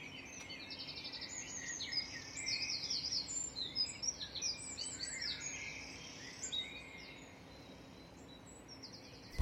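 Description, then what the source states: Many birds singing at once, high trills, chirps and rattling phrases layered densely, fading slightly toward the end, where a sharp click sounds. Dawn chorus of birds singing.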